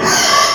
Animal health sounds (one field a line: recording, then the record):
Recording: squeal of a Yucatan mini pig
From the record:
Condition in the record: before surgery on the right vocal fold (resection and tissue-engineered implant)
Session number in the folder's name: 2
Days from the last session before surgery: 0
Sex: male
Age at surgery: 12 weeks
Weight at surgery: 13 kg